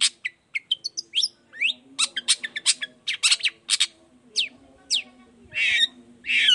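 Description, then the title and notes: Long-tailed shrike song of quick varied chirps, upslurred whistles and harsh rasping bursts, fast and jumbled, over a faint low hum. Sung in the morning; 'toet toet' sound variation; used as a lure so other shrikes of any type reply quickly and open their beaks. "Cendet Gacor Dor Di Kala Pagi Toet Toet Variasi Suara. Cendet Gacor Efektif Pancingan Buat Cendet Jenis Apapun Agar Cepat Nyaut Buka Paruh. Burung cendet"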